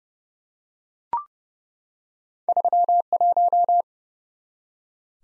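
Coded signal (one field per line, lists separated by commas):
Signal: Morse code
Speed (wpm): 30 wpm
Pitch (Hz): 700 Hz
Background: none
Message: 31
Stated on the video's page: Morse drill at 30 wpm of random two-character letter and number groups, each sent, spoken, then sent again, for head-copy.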